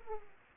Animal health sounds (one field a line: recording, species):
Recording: mosquito wingbeat signal from an infrared sensor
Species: Aedes aegypti